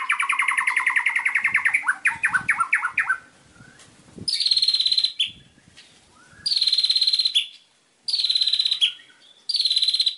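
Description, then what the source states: White-rumped shama: a lower rattling trill, then high buzzy pulsed trills ending with a downward slur, repeated several times. Master song recording used for training captive birds.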